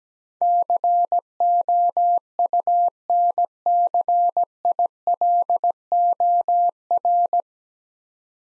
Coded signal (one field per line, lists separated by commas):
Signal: Morse code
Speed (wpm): 17 wpm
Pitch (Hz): 700 Hz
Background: none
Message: COUNCILOR